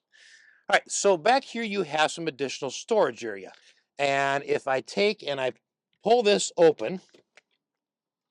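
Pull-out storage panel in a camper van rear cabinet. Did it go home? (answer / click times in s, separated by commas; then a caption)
yes / 7.4 s. Someone talks while pulling open a pull-out storage panel in the rear cabinet of a Metris camper van. The panel locks in place with a short, sharp click at 7.4 s.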